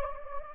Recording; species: mosquito wingbeat signal from an infrared sensor; Anopheles gambiae